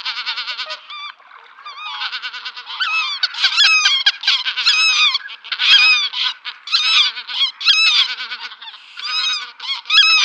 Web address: White-fronted Goose